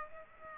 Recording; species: mosquito wingbeat signal from an infrared sensor; Aedes aegypti